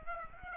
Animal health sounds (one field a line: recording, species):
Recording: mosquito wingbeat signal from an infrared sensor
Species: Aedes aegypti